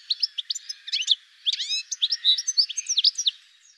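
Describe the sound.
Bird chirping in a rapid, varied stream of high sharp notes and short downward sweeps, with no pauses, fading at the end.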